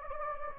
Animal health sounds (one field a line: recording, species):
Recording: mosquito wingbeat signal from an infrared sensor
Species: Anopheles gambiae